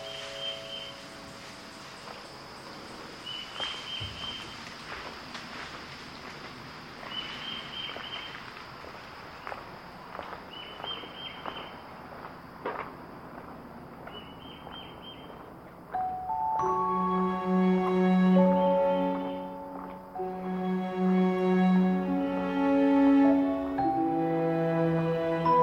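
On the Palm Hammock Trail, a thin insect whine and chirps every few seconds give way at sixteen seconds to loud, low, wavering calls.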